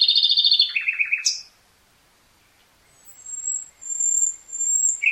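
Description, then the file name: Common nightingale song opening with a rapid stutter of bright notes and a short pulsing trill, then after a pause drawn-out, thin, high whistling. "Luscinia megarhynchos"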